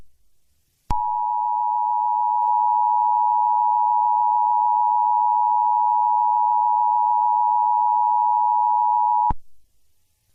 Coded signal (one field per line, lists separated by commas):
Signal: Emergency Alert System (SAME) tones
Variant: 853 and 960 Hz attention tone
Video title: EAS Scenario 1: Gargantuar’s Feast (PART 1)